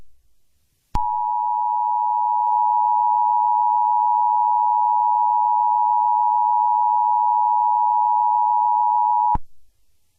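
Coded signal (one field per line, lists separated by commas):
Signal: Emergency Alert System (SAME) tones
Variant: 853 and 960 Hz attention tone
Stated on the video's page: Fictional EAS scenario.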